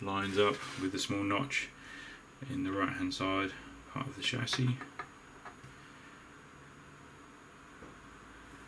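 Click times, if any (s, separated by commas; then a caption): 5.0 s. Someone talks while lining up the hop-up rubber with the small notch in the right-hand plastic chassis half of the hop unit during top slide reassembly of a Tokyo Marui FN5-7 GBB, then presses it home. A short click at 5.0 s marks the rubber seating into the notch, and the rest of the clip stays quiet.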